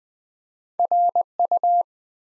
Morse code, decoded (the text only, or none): RU